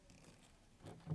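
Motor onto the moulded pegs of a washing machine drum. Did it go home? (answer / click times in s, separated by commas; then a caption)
no / none. A replacement motor is handled and lined up with the moulded pegs at the bottom and front of a Hoover washing machine drum, part of a repair for an E08 error. Faint low rustling and scraping are heard, rising into louder handling sounds around 0.8 s and again near 1.1 s. Nothing has seated or clicked yet; the motor is not yet locked onto the pegs.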